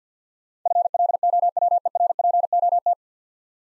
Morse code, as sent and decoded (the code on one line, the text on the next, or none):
..-. .-.. --- .-- . .-. .--. --- -
FLOWERPOT